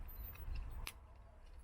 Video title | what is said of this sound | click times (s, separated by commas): VanTrue N2S dashcam unboxing, hardwiring, test, pros & cons | and there's the connector which goes which should click into the camera without any problem so let's try to do it right now | 0.9 s